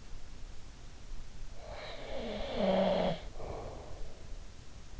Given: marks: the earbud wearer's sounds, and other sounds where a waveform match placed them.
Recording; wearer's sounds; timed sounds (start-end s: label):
sounds in sleep by an in-ear microphone; snoring breath
1.45-4.28 s: snoring breath